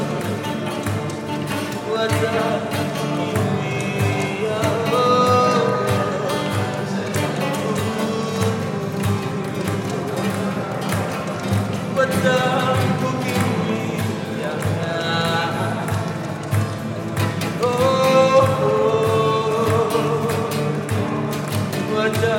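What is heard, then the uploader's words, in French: A soundscape from Lubumbashi, dense and steady throughout, with voices talking and calling, some rising into sung or drawn-out tones around the middle and near the end. Frequent sharp taps and knocks punctuate the crowd noise, which stays fairly loud. Une sélection de paysages sonores enregistrés à Lubumbashi par BNA-BBOT en octobre-novembre 2022.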